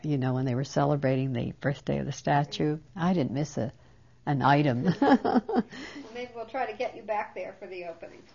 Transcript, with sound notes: you know, when they were celebrating the birthday of the Statue. I didn't miss an item. (She laughs.)
Well, maybe we'll try to get you back there for the opening.